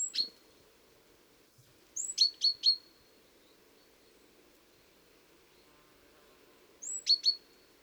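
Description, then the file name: Great tit calls repeated several times, each a high thin note followed by two or three crisp falling chips, with gaps of a few seconds and soft background hum. "Parus major"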